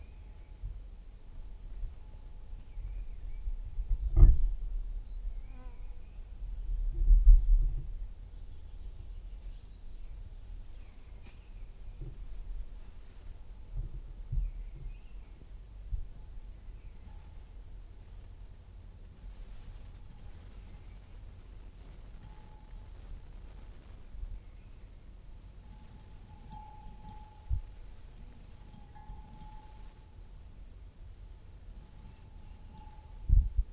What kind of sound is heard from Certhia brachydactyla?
song